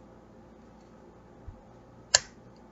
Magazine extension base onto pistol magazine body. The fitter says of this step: it pops into place really